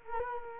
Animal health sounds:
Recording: mosquito wingbeat signal from an infrared sensor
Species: Culex quinquefasciatus

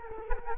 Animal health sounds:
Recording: mosquito wingbeat signal from an infrared sensor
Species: Culex quinquefasciatus

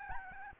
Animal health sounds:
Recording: mosquito wingbeat signal from an infrared sensor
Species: Aedes albopictus

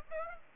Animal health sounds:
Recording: mosquito wingbeat signal from an infrared sensor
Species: Aedes aegypti

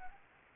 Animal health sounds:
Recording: mosquito wingbeat signal from an infrared sensor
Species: Anopheles arabiensis

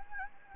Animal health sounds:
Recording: mosquito wingbeat signal from an infrared sensor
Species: Anopheles gambiae

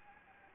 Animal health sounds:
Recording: mosquito wingbeat signal from an infrared sensor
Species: Anopheles gambiae

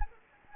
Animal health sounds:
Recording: mosquito wingbeat signal from an infrared sensor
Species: Anopheles gambiae

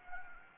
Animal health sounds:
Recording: mosquito wingbeat signal from an infrared sensor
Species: Anopheles gambiae

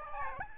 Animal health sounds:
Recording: mosquito wingbeat signal from an infrared sensor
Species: Aedes albopictus

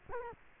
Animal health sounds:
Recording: mosquito wingbeat signal from an infrared sensor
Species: Culex quinquefasciatus

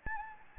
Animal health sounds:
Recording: mosquito wingbeat signal from an infrared sensor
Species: Anopheles gambiae

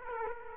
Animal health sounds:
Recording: mosquito wingbeat signal from an infrared sensor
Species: Aedes aegypti

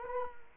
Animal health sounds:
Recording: mosquito wingbeat signal from an infrared sensor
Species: Culex quinquefasciatus

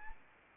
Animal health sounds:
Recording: mosquito wingbeat signal from an infrared sensor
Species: Anopheles arabiensis

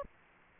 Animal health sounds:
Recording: mosquito wingbeat signal from an infrared sensor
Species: Aedes aegypti

